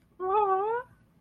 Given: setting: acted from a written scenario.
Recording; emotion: vocal sound without words; adoration